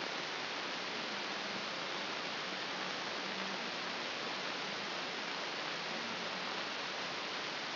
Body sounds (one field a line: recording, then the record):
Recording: brain microelectrode recording played as sound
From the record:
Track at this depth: inside the subthalamic nucleus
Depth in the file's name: 4.717 mm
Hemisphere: left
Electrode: 2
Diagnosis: Parkinson's disease